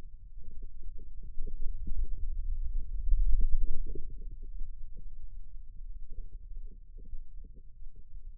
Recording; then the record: forearm muscle sounds (acoustic myography)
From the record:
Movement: wrist extension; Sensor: system 2, bracelet of six BSWA MPA416 microphones around the upper forearm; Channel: 6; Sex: male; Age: 22 years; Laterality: right